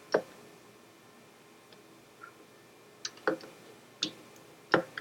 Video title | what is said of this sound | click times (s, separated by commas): FAT Wrench Firearm Accurizing Tool | there you just heard it click that means that's at 15inch bounds | 4.0 s, 4.7 s